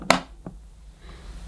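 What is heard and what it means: A plastic access panel is pressed back onto the body of a Sebo Airbelt K1 Fun vacuum cleaner, giving a sharp snap at 0.1 s, followed by a fainter tap at about 0.5 s. The panel is seated back in place.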